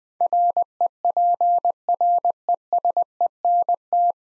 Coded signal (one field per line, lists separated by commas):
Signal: Morse code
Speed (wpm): 20 wpm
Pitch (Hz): 700 Hz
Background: none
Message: REPRESENT